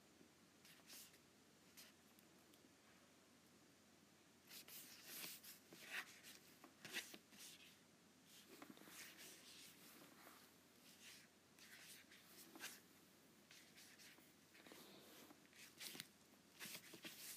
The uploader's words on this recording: ASMR Apple Pencil on iPad.